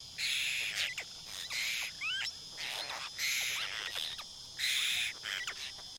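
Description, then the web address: Apostlebird group call: several harsh, hissy scolding bursts, with a few short rising whistled notes between them. "Foundation Updates BIRD APOSTLE BIRD GROUP CALL"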